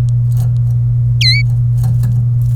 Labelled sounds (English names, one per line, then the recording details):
Domestic Canary song
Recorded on 27 April 2018 at 14:04
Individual llb3